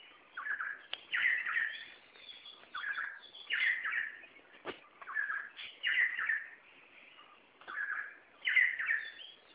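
Red spurfowl calling in harsh, grating two-part phrases, a lower rasp followed by a higher one, repeated roughly every two and a half seconds, four phrases in all.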